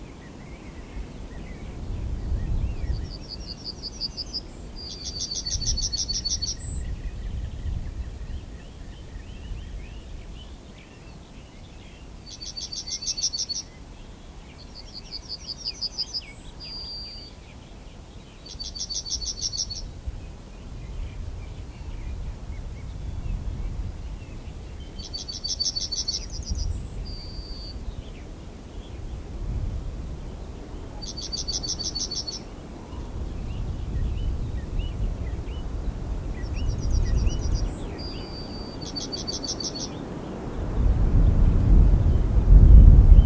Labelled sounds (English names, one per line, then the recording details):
Yellowhammer song
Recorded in the wild
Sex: male
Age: adult
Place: Lüdersdorf, Barnim, Brandenburg, DE
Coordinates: 52.9164, 14.0703
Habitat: Straßenallee
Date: 2006-04-14
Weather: bedeckt, mäßiger Wind aus West, 5°C
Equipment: Marantz PMD 671, Sennheiser MKH 70, Popschutz
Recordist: Frommolt, Karl-Heinz